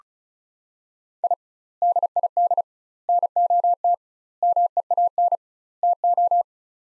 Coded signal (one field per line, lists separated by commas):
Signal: Morse code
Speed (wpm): 36 wpm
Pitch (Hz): 700 Hz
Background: none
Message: I DID NOT MEAN TO